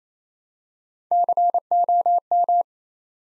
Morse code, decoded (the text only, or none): COM